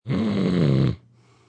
Male snore breath.